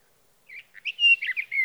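Sage thrasher song, a rapid warbled run of varied high notes with one brief steady whistled note in the middle, beginning after a short silence.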